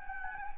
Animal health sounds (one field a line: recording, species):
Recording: mosquito wingbeat signal from an infrared sensor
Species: Anopheles gambiae